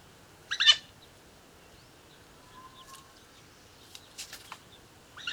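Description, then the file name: Eurasian jay giving short, harsh, rasping screeches, one near the start and another at the end, with fainter scratchy notes between and a thin whistled tone midway. "Garrulus glandarius"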